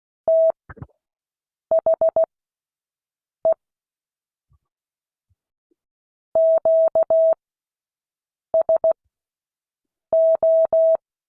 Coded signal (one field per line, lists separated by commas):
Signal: Morse code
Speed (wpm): 16 wpm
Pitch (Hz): 650 Hz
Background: none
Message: THE QSO